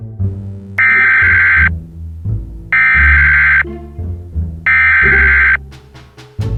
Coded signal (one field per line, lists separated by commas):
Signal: Emergency Alert System (SAME) tones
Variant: header bursts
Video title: How to make eas scenarios in KineMaster